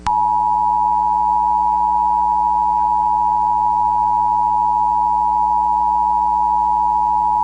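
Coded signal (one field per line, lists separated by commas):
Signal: Emergency Alert System (SAME) tones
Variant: 853 and 960 Hz attention tone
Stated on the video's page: Fictional EAS scenario.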